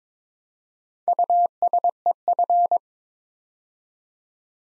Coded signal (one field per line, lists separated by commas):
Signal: Morse code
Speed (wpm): 22 wpm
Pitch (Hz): 700 Hz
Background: none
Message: USEF